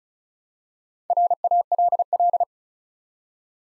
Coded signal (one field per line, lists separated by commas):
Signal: Morse code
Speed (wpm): 36 wpm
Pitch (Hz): 700 Hz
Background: none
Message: RALL